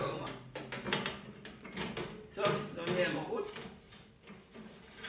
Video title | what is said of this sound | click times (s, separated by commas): Zo gebruiken de oven stand op een combi magnetronoven | je hoort klikken dan zit je goed | 0.9 s